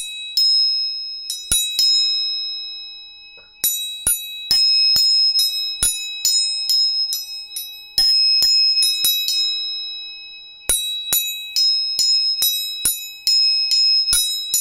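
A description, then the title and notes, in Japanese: Tuning forks are struck again and again at an irregular, roughly once-per-second pace, each sharp tap leaving bright ringing tones that slowly fade. 音叉チューニング3本。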